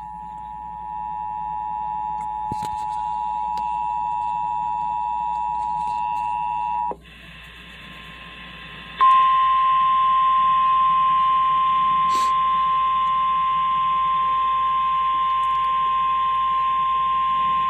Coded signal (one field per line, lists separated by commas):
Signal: Emergency Alert System (SAME) tones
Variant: 853 and 960 Hz attention tone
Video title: (EAS #92 - #100) FOR THE FIRST TIME IN FOREVER - EAS Alerts from 10/11/20 (Lincoln, NE)